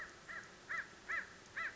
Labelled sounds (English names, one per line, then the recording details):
American Crow
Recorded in Sonoma County, California